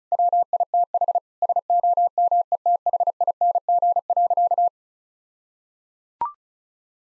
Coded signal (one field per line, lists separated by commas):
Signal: Morse code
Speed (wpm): 36 wpm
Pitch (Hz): 700 Hz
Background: none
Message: WITH SOMETHING.